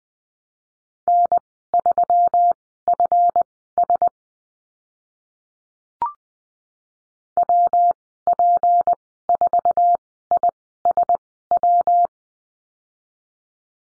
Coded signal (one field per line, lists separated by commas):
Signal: Morse code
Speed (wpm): 20 wpm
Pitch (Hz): 700 Hz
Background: none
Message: N3FS WP4ISW